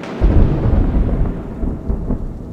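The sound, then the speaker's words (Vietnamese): Dozens of heavy thunderclaps boom out and rumble on, deep and loud, over a village well, with steady rain hissing underneath. No one speaks. “Lời của ông vừa dừng lại, cũng là lúc hàng chục tiếng sấm nổ động trời vang lên chát chúa.”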